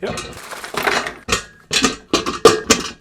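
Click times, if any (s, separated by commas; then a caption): 0.8 s, 0.9 s, 1.1 s, 1.3 s, 2.7 s. Plastic double-wheel casters on a COLAMY 5207 Big and Tall 500 lb heavy-duty black office chair are pressed by hand, stem first, into the sockets of the chair base while someone talks. Sharp clicks are heard at 0.8, 0.9, 1.1, 1.3 and 2.7 seconds. The casters all seat in the base without the holes needing to be drilled out.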